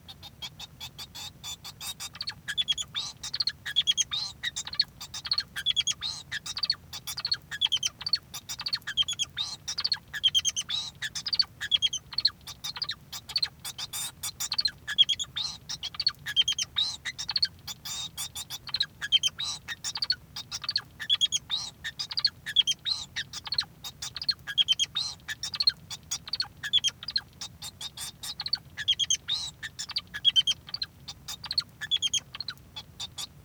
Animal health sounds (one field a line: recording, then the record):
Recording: song of a male Bengalese finch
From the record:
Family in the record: son of father 2